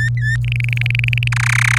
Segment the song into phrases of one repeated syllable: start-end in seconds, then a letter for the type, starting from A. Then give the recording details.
0.00-0.37 A, 0.44-1.28 B, 1.32-1.78 C. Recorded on 27 April 2018 at 09:09. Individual llb3